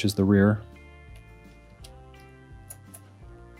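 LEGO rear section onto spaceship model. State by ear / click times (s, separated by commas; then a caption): seated / 2.7 s, 2.9 s. Someone talks briefly as the rear section of a LEGO spaceship model is attached, over soft background music. Two sharp plastic clicks at 2.7 and 3.0 seconds show the rear section clicking on and seating.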